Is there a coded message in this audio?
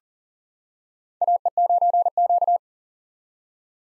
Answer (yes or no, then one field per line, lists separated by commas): yes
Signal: Morse code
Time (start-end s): 1.2-2.6 s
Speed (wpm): 40 wpm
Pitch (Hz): 700 Hz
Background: none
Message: AE9Q